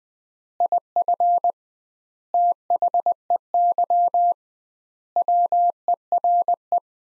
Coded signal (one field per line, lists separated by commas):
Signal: Morse code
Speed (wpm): 20 wpm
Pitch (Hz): 700 Hz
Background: none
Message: IF THEY WERE